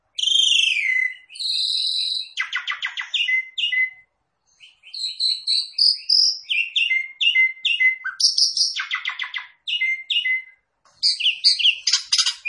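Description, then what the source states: Javan pied starling singing clear whistled notes followed by dense chattering rattles and short repeated squeaks, broken by several short pauses. Lure recording meant to make the bird start calling right away.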